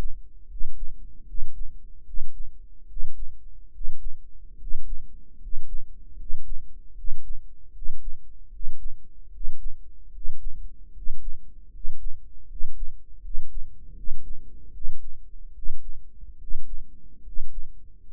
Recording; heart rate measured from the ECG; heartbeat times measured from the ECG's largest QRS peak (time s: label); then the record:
heart sounds by microphone in the right ear; 75 bpm
0.46 s: heartbeat
1.24 s: heartbeat
2.03 s: heartbeat
2.85 s: heartbeat
3.70 s: heartbeat
4.56 s: heartbeat
5.37 s: heartbeat
6.14 s: heartbeat
6.93 s: heartbeat
7.71 s: heartbeat
8.49 s: heartbeat
9.29 s: heartbeat
10.10 s: heartbeat
10.91 s: heartbeat
11.69 s: heartbeat
12.45 s: heartbeat
13.19 s: heartbeat
13.93 s: heartbeat
14.70 s: heartbeat
15.52 s: heartbeat
16.36 s: heartbeat
17.21 s: heartbeat
18.05 s: heartbeat
From the record:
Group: healthy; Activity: rest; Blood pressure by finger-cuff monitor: 86/59 mmHg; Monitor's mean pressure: 66 mmHg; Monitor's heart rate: 76 bpm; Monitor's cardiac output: 6.4 L/min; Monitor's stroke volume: 85 mL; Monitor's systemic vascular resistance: 710 dyn s/cm5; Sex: male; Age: 23 years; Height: 178 cm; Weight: 96.6 kg